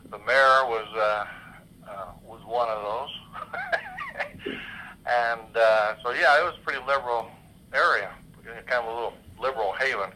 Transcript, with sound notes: The mayor was one of those. (laughs) So, yeah, it was a pretty liberal area. Kind of a little liberal haven.